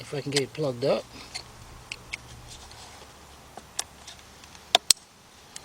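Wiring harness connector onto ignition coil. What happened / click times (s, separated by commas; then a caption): The connector clicked home onto the coil / 4.8 s, 4.9 s. Someone talks as a wiring harness connector is pushed onto the ignition coil of a 2013 Nissan Sentra 1.8 being serviced for a rough-running cylinder 1 misfire (P0301). A few faint ticks follow. Two loud, sharp clicks at 4.8 s and 4.9 s mark the connector seating.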